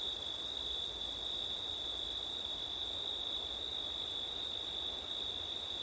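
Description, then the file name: Unbroken shrill cricket song rings on, the upper layer dipping once briefly, over soft wind noise. Crickets on a September night, with wind, recorded with an ORTF stereo microphone setup. "crickets wind september night ortif"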